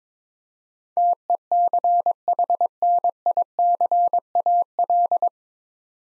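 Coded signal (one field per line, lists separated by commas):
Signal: Morse code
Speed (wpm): 22 wpm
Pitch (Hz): 700 Hz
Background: none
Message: TECHNICAL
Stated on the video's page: Morse practice set sending 9-letter words at 22 wpm for head-copy training.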